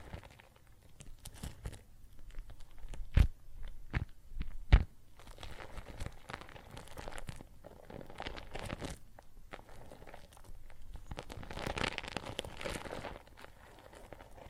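Water and soap foam crackle and fizz in a dense, irregular stream of small pops and crunchy clicks. Several sharper cracks stand out between about three and five seconds, and a brighter hissing swell rises near twelve seconds before easing off.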